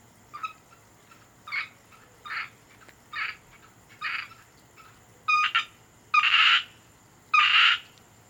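Asian grass frog calling in a series of short, rasping bursts repeated roughly once a second, growing louder toward the end, over a faint steady high tone.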